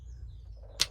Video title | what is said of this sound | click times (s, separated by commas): Queen rearing - what equipment is needed to graft? | So it just snaps into place. | 0.8 s